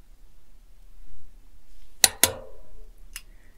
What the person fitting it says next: you hear your torque wrench click in